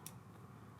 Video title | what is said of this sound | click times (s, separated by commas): 1080p 3G Hunting Trail Camera - Setup & Features | so push it in just like that and keep going until it clicks just like that | 0.1 s